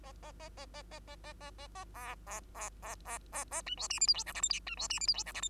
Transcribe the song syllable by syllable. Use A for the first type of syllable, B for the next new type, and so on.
A A A A A A A A A A A B B B B B A C D E F G H I J K L C D E F G H I J K